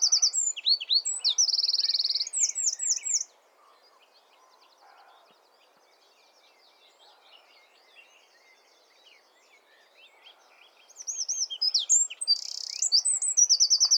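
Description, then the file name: Eurasian wren song, a loud burst of rapid high trills and sharp warbled notes, quiet gap with faint chirps, then another fast trilling strophe at the end. "Troglodytes troglodytes"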